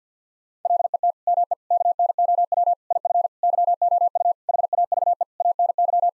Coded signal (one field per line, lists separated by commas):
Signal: Morse code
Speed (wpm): 50 wpm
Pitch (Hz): 700 Hz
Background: none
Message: LET ME KNOW IF YOU HAVE ANY